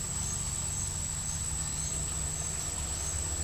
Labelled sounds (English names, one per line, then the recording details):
none
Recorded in dense forest near Puerto Asís, Putumayo, Colombia, on 20 December 2024 at 12:00
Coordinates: 0.467, -76.328
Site GP05